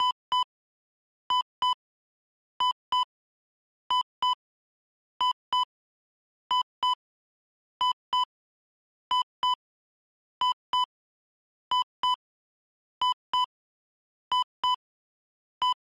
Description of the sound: Medical Heart Monitor Beeps.